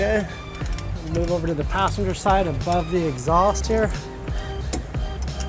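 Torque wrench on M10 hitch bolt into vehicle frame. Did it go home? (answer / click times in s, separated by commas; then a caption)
yes / 4.7 s. A torque wrench set to 48 ft-lb with a 17 mm socket tightens the passenger-side M10 trailer hitch bolt above the exhaust into the frame of a 2020 Kia Sorento, while someone talks over background music. A sharp click at 4.7 s marks the wrench reaching its torque setting, followed by a few faint ratchet ticks.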